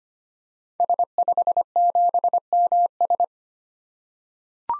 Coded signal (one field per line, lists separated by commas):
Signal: Morse code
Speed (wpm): 25 wpm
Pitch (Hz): 700 Hz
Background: none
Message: S57MS